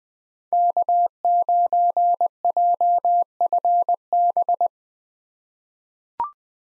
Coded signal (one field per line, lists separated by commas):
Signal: Morse code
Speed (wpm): 20 wpm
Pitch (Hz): 700 Hz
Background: none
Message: K9JFB